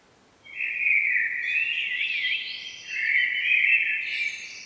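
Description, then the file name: Common blackbird singing two loud, rich fluted phrases with wavering pitch and faint high twittering above them. "Turdus merula"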